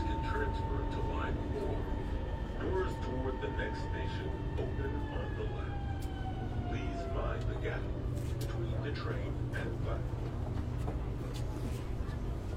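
Shenzhen metro cooling roars as a steady low rumble, with a gliding whine falling midway, scattered clicks and murmured voices throughout.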